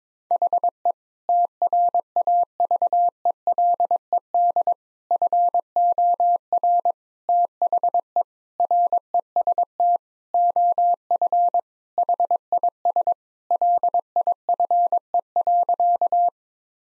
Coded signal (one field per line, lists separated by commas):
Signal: Morse code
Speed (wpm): 22 wpm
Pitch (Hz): 700 Hz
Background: none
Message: HE TRAVELED FOR THE REST OF HIS LIFE.